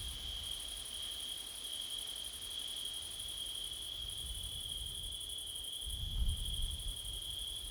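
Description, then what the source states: Crickets chirping in a constant high chorus while wind gusts rumble low, strongest around the sixth second. Crickets at night in September, with wind; recorded with a Blumlein stereo microphone pair.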